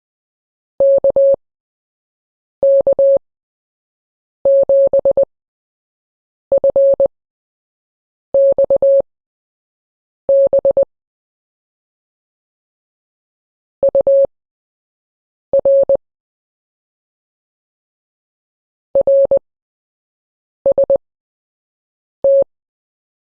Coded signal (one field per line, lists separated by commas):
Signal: Morse code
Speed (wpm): 20 wpm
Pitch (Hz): 550 Hz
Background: none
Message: KK7FXB UR RST